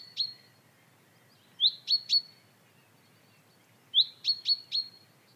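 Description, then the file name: Common chaffinch giving high, clipped call bursts: a single note, then two bursts each of a brief rising note followed by two or three sharp ticks, spaced unevenly against soft low background noise. "Fringilla coelebs"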